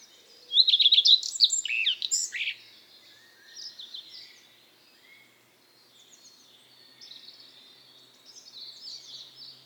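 Common redstart song: one loud phrase early on, high sweet notes repeated rapidly and closing with a scratchy flourish. Softer birdsong continues in the background afterward.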